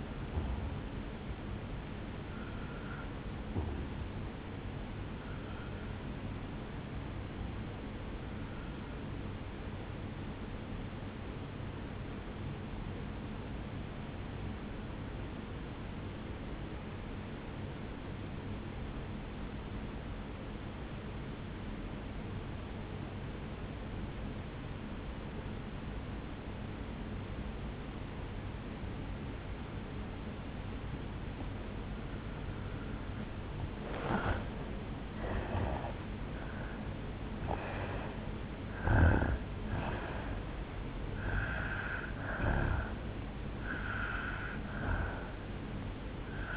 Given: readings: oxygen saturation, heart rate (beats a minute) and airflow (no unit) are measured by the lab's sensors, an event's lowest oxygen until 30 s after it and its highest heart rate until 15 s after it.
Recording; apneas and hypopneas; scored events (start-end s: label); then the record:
breathing in sleep by a voice recorder at the bedside; 1
8.00-32.80 s: obstructive apnea (N1, oxygen 98% highest, then 84% lowest, heart rate 58 at the start, 75 highest)
From the record:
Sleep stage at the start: N1 (lightest sleep); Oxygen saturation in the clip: 81 to 98%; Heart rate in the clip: 58 to 75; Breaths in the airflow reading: 9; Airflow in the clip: -11.8 to 9.9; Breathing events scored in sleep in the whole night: 449 in 7.0 hours asleep